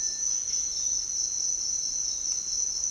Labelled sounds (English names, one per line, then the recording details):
none
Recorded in dense forest near Puerto Asís, Putumayo, Colombia, on 13 March 2025 at 07:00
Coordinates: 0.499, -76.324
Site GP03